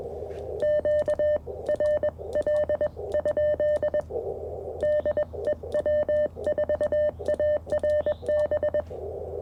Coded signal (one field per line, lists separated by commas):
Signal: Morse code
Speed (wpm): 21 wpm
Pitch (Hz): 600 Hz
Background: none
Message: QRL? DE W4ARB